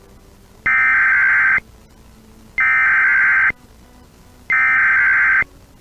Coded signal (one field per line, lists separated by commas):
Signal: Emergency Alert System (SAME) tones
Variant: header bursts